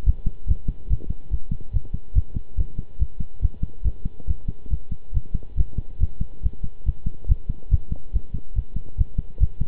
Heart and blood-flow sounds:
heart sounds by stethoscope; between the tricuspid and mitral areas; 141 bpm
0.06 s: heartbeat
0.48 s: heartbeat
0.89 s: heartbeat
1.31 s: heartbeat
1.73 s: heartbeat
2.15 s: heartbeat
2.57 s: heartbeat
2.99 s: heartbeat
3.42 s: heartbeat
3.84 s: heartbeat
4.27 s: heartbeat
4.70 s: heartbeat
5.13 s: heartbeat
5.57 s: heartbeat
6.00 s: heartbeat
6.43 s: heartbeat
6.85 s: heartbeat
7.28 s: heartbeat
7.71 s: heartbeat
8.13 s: heartbeat
8.55 s: heartbeat
8.98 s: heartbeat
9.40 s: heartbeat
From the record:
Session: pedaling a stationary bicycle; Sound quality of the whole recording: good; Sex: male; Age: 23 years

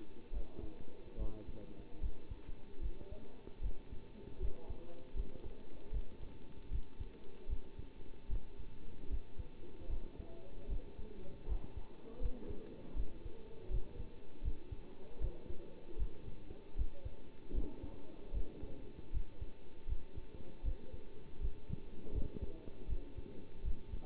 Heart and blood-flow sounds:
heart sounds by stethoscope; between the tricuspid and mitral areas; 77 bpm
0.32 s: heartbeat
1.17 s: heartbeat
2.01 s: heartbeat
2.81 s: heartbeat
3.61 s: heartbeat
4.40 s: heartbeat
5.15 s: heartbeat
5.92 s: heartbeat
6.70 s: heartbeat
7.48 s: heartbeat
8.28 s: heartbeat
9.09 s: heartbeat
9.88 s: heartbeat
10.68 s: heartbeat
11.47 s: heartbeat
12.20 s: heartbeat
12.95 s: heartbeat
13.70 s: heartbeat
14.43 s: heartbeat
15.20 s: heartbeat
15.98 s: heartbeat
16.76 s: heartbeat
17.53 s: heartbeat
18.33 s: heartbeat
19.12 s: heartbeat
19.87 s: heartbeat
20.63 s: heartbeat
21.40 s: heartbeat
22.13 s: heartbeat
22.88 s: heartbeat
23.63 s: heartbeat
From the record:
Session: bicycle stress test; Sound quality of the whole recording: good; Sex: male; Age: 27 years

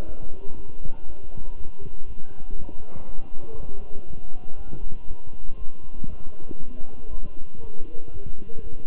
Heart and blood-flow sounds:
heart sounds by stethoscope; between the tricuspid and mitral areas; 119 bpm
0.06 s: heartbeat
0.56 s: heartbeat
1.06 s: heartbeat
1.56 s: heartbeat
2.06 s: heartbeat
2.55 s: heartbeat
3.05 s: heartbeat
3.56 s: heartbeat
4.06 s: heartbeat
4.56 s: heartbeat
5.07 s: heartbeat
5.57 s: heartbeat
6.08 s: heartbeat
6.59 s: heartbeat
7.09 s: heartbeat
7.60 s: heartbeat
8.12 s: heartbeat
8.62 s: heartbeat
From the record:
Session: walking at 3.7 km/h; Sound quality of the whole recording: good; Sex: male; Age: 23 years

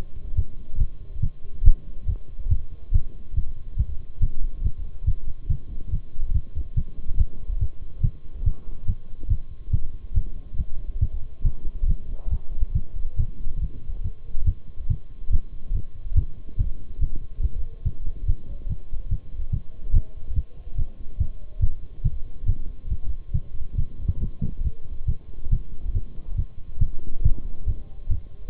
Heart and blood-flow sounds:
heart sounds by stethoscope; between the tricuspid and mitral areas; 141 bpm
0.37 s: heartbeat
0.80 s: heartbeat
1.23 s: heartbeat
1.66 s: heartbeat
2.08 s: heartbeat
2.51 s: heartbeat
2.94 s: heartbeat
3.36 s: heartbeat
3.79 s: heartbeat
4.22 s: heartbeat
4.64 s: heartbeat
5.07 s: heartbeat
5.50 s: heartbeat
5.92 s: heartbeat
6.35 s: heartbeat
6.77 s: heartbeat
7.19 s: heartbeat
7.61 s: heartbeat
8.04 s: heartbeat
8.46 s: heartbeat
8.88 s: heartbeat
9.30 s: heartbeat
9.73 s: heartbeat
10.16 s: heartbeat
10.59 s: heartbeat
11.02 s: heartbeat
11.45 s: heartbeat
11.89 s: heartbeat
12.32 s: heartbeat
12.75 s: heartbeat
13.19 s: heartbeat
13.62 s: heartbeat
14.05 s: heartbeat
14.47 s: heartbeat
14.90 s: heartbeat
15.33 s: heartbeat
15.75 s: heartbeat
16.17 s: heartbeat
16.59 s: heartbeat
17.01 s: heartbeat
17.43 s: heartbeat
17.86 s: heartbeat
18.28 s: heartbeat
18.70 s: heartbeat
19.11 s: heartbeat
19.53 s: heartbeat
19.95 s: heartbeat
20.36 s: heartbeat
20.78 s: heartbeat
21.20 s: heartbeat
21.62 s: heartbeat
22.04 s: heartbeat
22.48 s: heartbeat
22.91 s: heartbeat
23.34 s: heartbeat
23.78 s: heartbeat
24.22 s: heartbeat
24.65 s: heartbeat
25.08 s: heartbeat
25.51 s: heartbeat
25.95 s: heartbeat
26.38 s: heartbeat
26.81 s: heartbeat
27.24 s: heartbeat
27.68 s: heartbeat
28.11 s: heartbeat
From the record:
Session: Bruce protocol treadmill stress test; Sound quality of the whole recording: partially saturated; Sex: male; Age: 23 years

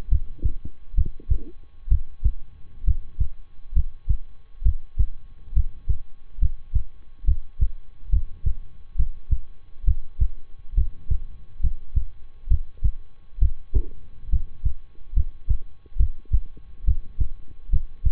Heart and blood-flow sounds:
heart sounds by stethoscope; between the tricuspid and mitral areas; 68 bpm
0.08 s: heartbeat
0.94 s: heartbeat
1.88 s: heartbeat
2.84 s: heartbeat
3.72 s: heartbeat
4.62 s: heartbeat
5.52 s: heartbeat
6.38 s: heartbeat
7.24 s: heartbeat
8.09 s: heartbeat
8.95 s: heartbeat
9.84 s: heartbeat
10.74 s: heartbeat
11.60 s: heartbeat
12.47 s: heartbeat
13.38 s: heartbeat
14.29 s: heartbeat
15.13 s: heartbeat
15.96 s: heartbeat
16.84 s: heartbeat
17.69 s: heartbeat
From the record:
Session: rest, lying down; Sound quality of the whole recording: good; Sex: male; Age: 23 years

